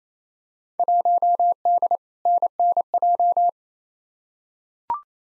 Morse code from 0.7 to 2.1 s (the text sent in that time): 1D